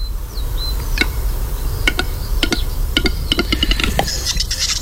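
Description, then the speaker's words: Western capercaillie display clicks: sharp, irregular popping knocks spaced unevenly across several seconds, over a low steady rumble of background noise. Night display ground (cantadero) in the forests of the high Pyrenees, Val d'Inclés, Andorra, around 4 a.m. before dawn; popping clicks called taponazos; species dying out. "Es de noche, no vemos nada en el cantadero, pero a nuestro alrededor escuchamos estos extraños taponazos."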